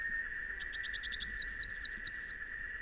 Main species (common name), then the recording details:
Rufous-capped Warbler. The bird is a male. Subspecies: rufifrons. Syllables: 12. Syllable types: 2. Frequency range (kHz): 3.3-7.5 kHz. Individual YA-WBS-M